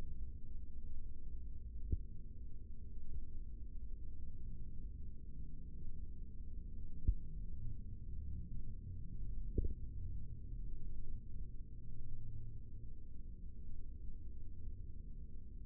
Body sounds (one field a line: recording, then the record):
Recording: forearm muscle sounds (acoustic myography)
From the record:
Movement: rest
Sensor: system 3, bracelet of six PUI Audio POM-2738L microphones around the upper forearm, with dedicated amplification and filtering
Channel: 2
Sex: male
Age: 55 years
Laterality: right